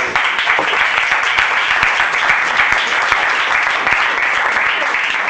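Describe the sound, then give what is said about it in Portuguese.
Steady audience applause fills the whole stretch, a dense wash of many hands clapping at an even, sustained loudness with scattered sharper claps poking through. “Ven, un aplauso.”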